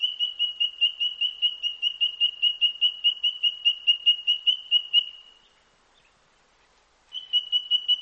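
White-throated treecreeper call: a long, rapid, even series of high piping notes that stops after about five seconds, then resumes.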